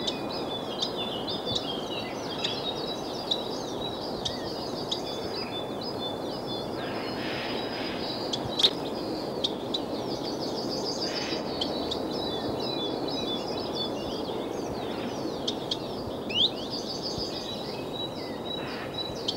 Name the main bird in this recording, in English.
Common Chiffchaff